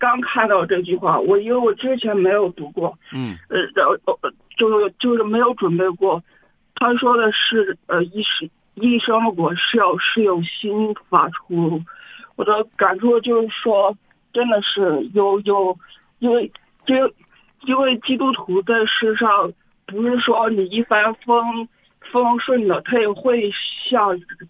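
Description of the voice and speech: Adult male caller speaking Mandarin over a live radio call-in line, with stuttering: repeated words and syllables, drawn-out sounds and pauses break up the flow. He speaks with a stutter and gets stuck, unable to get words out at key moments.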